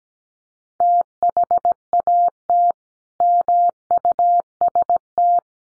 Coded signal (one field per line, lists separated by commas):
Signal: Morse code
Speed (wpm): 17 wpm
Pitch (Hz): 700 Hz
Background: none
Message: THAT MUST